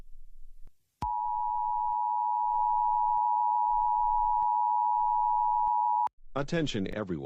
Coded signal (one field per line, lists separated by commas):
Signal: Emergency Alert System (SAME) tones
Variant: 853 and 960 Hz attention tone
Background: speech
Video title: Bird Television EAS SOUNDS history (1991-2024)